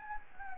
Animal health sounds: mosquito wingbeat signal from an infrared sensor; Anopheles gambiae

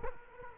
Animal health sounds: mosquito wingbeat signal from an infrared sensor; Culex quinquefasciatus

